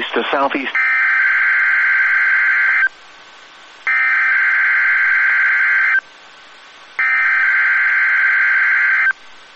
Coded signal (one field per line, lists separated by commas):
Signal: Emergency Alert System (SAME) tones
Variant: header bursts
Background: speech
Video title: The last NOAA Weather Radio Weeklies for 2021 (EAS #799-#813)